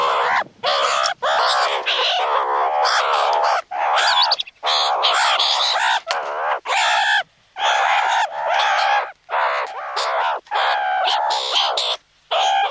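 Meerkat harsh chattering calls running almost without pause, wavering raspy notes broken by short gaps.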